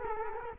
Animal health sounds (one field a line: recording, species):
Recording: mosquito wingbeat signal from an infrared sensor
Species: Culex quinquefasciatus